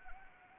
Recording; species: mosquito wingbeat signal from an infrared sensor; Anopheles arabiensis